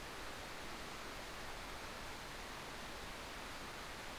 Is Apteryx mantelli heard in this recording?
no